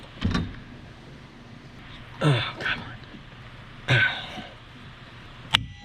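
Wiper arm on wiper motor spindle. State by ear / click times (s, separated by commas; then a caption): released / 5.6 s. Someone talks while turning the centre screw of a wiper arm puller clamped on the steel wiper arm of a 2012 VW Jetta TDI, seated on the tapered wiper motor spindle. A loud, sharp pop at 5.5 s marks the arm breaking free of the spindle taper, releasing it.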